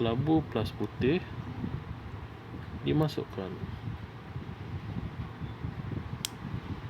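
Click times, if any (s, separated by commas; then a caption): 6.2 s. A grey plastic block piece is pushed into a white block piece of a toy robot model while someone talks over a steady background hum. A sharp, loud click sounds at 6.3 s as the grey block snaps into the white one, and the click signals that it is fitted correctly.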